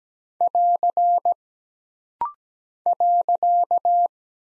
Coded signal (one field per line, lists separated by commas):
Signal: Morse code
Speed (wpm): 17 wpm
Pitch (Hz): 700 Hz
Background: none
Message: <AR> .